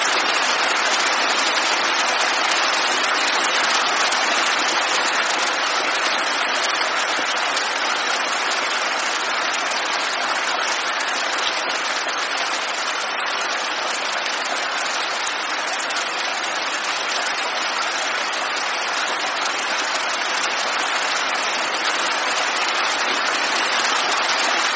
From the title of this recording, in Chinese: 雷雨声 细雨蒙蒙